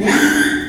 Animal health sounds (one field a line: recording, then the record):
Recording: squeal of a Yucatan mini pig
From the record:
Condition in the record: after surgery on the right vocal fold (resection and tissue-engineered implant)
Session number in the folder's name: 3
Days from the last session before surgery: 33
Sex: male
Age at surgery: 12 weeks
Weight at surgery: 13 kg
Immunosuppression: cyclosporine, prednisolone